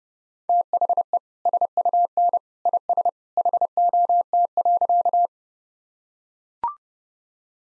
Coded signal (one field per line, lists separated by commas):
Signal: Morse code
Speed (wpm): 30 wpm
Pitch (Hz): 700 Hz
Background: none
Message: THE SUN IS HOT.